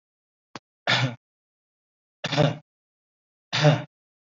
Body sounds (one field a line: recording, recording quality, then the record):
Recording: shallow voluntary cough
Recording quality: excellent, no background noise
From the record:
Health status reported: COVID-19 positive, no symptoms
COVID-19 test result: positive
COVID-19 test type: RT-PCR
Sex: male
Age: 44 years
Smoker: yes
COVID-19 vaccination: both doses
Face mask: worn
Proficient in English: no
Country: India